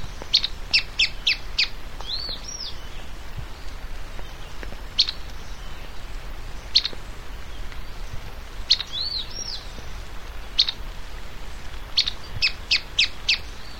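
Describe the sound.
White-throated tyrannulet calling with rapid bursts of high, sharp chips alternating with single notes and a few thin slurred arching whistles, against low steady background noise.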